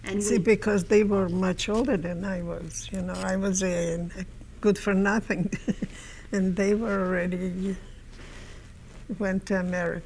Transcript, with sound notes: Because they were much older than I was, you know. I was a good-for-nothing. ( she laughs ) And they were already went to America.